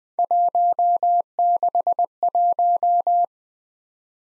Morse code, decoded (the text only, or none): 161